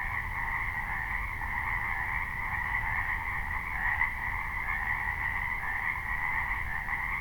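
Frogs calling in a dense chorus, a steady overlapping croaking drone with two bright bands, mid and higher, and a low rumble underneath throughout.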